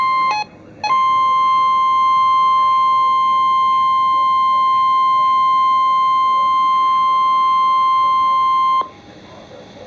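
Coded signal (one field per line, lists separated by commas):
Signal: Emergency Alert System (SAME) tones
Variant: 1050 Hz attention tone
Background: speech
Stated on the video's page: Real special marine warning received on NOAA Weather Radio.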